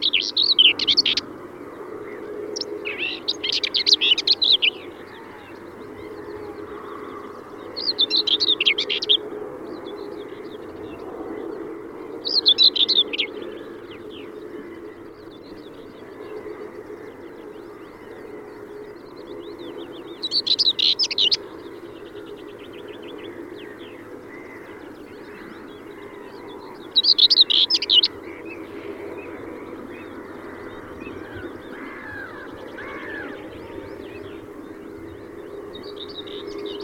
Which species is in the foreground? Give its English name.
Common Whitethroat